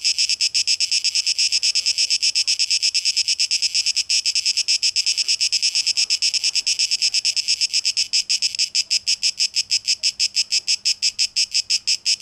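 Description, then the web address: Cicada buzzing, a shrill pulsed drone throbbing rapidly, the pulses growing more distinct toward the end. Cicadas on 12 August 2023. "rauschpartikel Audio 2023-08-12 Zikaden"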